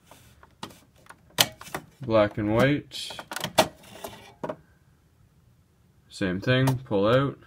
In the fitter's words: Then after you're done, push until it clicks.